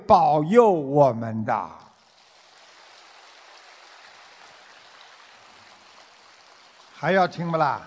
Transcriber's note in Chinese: 掌声